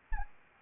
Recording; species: mosquito wingbeat signal from an infrared sensor; Anopheles arabiensis